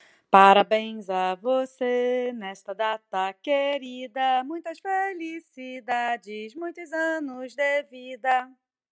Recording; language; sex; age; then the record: short text; Brazilian Portuguese; female; 30 to 39 years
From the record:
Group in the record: control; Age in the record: 39 years